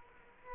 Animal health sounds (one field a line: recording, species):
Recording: mosquito wingbeat signal from an infrared sensor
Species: Culex quinquefasciatus